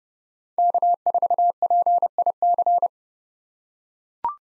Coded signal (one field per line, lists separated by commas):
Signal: Morse code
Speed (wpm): 30 wpm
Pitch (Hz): 700 Hz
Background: none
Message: K4PIC